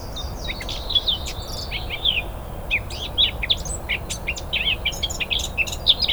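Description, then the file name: Eurasian blackcap song, quick warbled chirps and crisp high notes running throughout, with a short pause partway. "Sylvia atricapilla"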